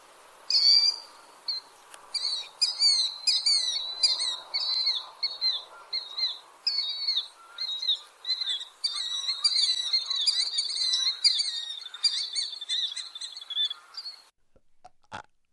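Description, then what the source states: Killdeer giving shrill, high calls, many as two-part falling phrases, repeated rapidly in a long series. Call said to sound like its name, 'killdeer', with two notes.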